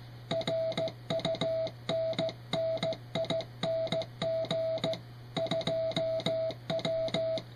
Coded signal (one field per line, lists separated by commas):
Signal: Morse code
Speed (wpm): 15 wpm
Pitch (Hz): 650 Hz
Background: music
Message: RUNNING 2W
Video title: Retro QRP On The Air